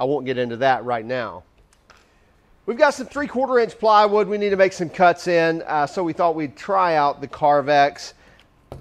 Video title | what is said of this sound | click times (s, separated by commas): BUY the BEST! Festool PSC 420 Carvex 18V Brushless Jig Saw Review | again very easy to install the blade push it in turn it clicks into place | 8.7 s